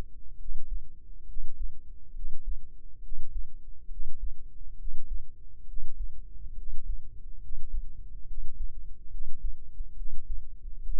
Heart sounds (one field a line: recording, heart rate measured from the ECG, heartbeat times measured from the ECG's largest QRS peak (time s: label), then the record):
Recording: heart sounds by microphone in the left ear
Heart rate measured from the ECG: 69 bpm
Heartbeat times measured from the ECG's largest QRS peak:
0.36 s: heartbeat
1.25 s: heartbeat
2.12 s: heartbeat
3.00 s: heartbeat
3.87 s: heartbeat
4.75 s: heartbeat
5.64 s: heartbeat
6.54 s: heartbeat
7.39 s: heartbeat
8.24 s: heartbeat
9.08 s: heartbeat
9.93 s: heartbeat
10.81 s: heartbeat
From the record:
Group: healthy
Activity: breath hold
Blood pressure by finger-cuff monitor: 102/69 mmHg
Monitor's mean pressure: 79 mmHg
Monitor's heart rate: 69 bpm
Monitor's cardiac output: 5.2 L/min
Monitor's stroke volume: 76 mL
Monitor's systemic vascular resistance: 1110 dyn s/cm5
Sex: female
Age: 22 years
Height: 160 cm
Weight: 45 kg